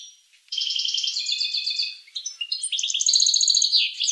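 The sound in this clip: Finch song: a sustained buzzy trill of repeated notes, a short break, then a faster rattling phrase of bright chirps.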